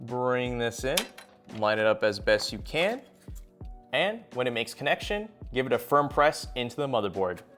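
A graphics card is lined up with the top PCIe slot of a motherboard and handled toward it while someone talks, with two faint, brief taps at about 3.4 and 3.6 seconds. The card has not seated or clicked into the slot yet.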